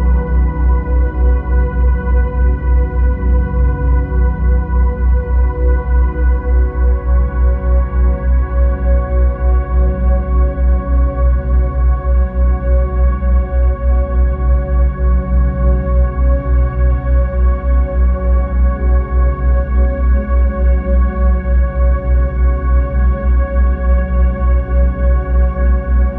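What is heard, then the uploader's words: A steady delta-wave drone: a deep, throbbing low tone pulses at a fast, even rate throughout, under a stack of sustained ringing tones that resemble a singing bowl. Nothing changes over the half minute, and no other sounds intrude. 3.4hz - Delta Waves.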